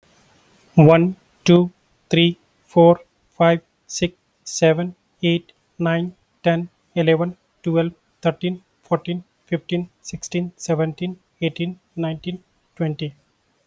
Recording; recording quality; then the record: counting at a normal pace; excellent, no background noise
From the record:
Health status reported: healthy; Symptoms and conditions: none ticked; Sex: male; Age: 35 years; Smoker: not ticked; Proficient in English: yes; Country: India